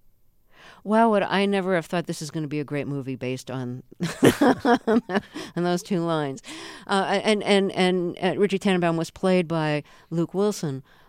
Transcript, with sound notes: Wow. Would I never have thought this is going to be a great movie based on...
(SOUNDBITE OF LAUGHTER)
...on those two lines. And Richie Tenenbaum was played by Luke Wilson...